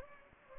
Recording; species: mosquito wingbeat signal from an infrared sensor; Anopheles gambiae